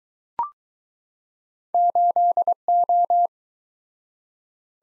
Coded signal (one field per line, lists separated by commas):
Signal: Morse code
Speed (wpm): 20 wpm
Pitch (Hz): 700 Hz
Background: none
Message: 8O